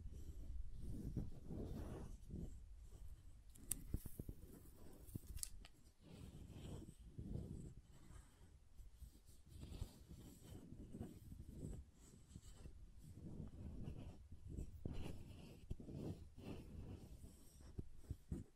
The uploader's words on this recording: ASMR SoftHard Soap Tapping and Carving (No Talking).